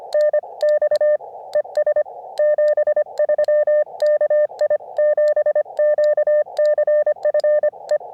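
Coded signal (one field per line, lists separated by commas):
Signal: Morse code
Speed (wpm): 25 wpm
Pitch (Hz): 600 Hz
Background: none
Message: NX ES 73 KI7QCF E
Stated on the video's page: CW during a summit (SOTA) activation, sent with a Zippy Paddle on an Elecraft KX2.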